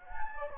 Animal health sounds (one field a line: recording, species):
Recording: mosquito wingbeat signal from an infrared sensor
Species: Anopheles gambiae